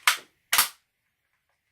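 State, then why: Seated. A retaining pin or clip is pushed through the receiver of an old airsoft MP5 during reassembly after a hop rubber swap. It pops out the other side and locks in place with a sharp click at 0.1 s. A second, louder sharp click follows at 0.5 s.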